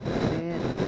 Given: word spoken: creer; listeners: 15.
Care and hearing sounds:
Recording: one Spanish word in noise, from a listening test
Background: noise modulated by three-talker babble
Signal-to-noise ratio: -5.2 dB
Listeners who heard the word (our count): 1 of 15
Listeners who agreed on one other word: 12 of 15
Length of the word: 0.49 s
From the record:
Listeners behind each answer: 12, 1, 1, 1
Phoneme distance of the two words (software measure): 17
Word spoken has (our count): 2 syllables, 5 phonemes, stress on syllable 2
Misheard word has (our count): 2 syllables, 4 phonemes, stress on syllable 2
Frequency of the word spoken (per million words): 51.31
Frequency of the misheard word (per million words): 60.30

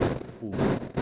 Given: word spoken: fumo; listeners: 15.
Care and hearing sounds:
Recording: one Spanish word in noise, from a listening test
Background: noise modulated by one talker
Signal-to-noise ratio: -10.4 dB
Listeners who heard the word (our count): 1 of 15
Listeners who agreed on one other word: 8 of 15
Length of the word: 0.62 s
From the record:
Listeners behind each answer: 8, 2, 2, 1, 1, 1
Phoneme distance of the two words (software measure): 20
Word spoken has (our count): 2 syllables, 4 phonemes, stress on syllable 1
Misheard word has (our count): 2 syllables, 4 phonemes, stress on syllable 1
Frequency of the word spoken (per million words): 1.07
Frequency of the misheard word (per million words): 21.56

